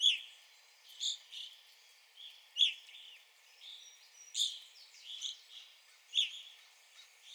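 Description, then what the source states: Evening grosbeak calls: short, clear, slightly down-slurred notes repeated at uneven intervals, with faint chirps in between. Recorded 9 April 2021.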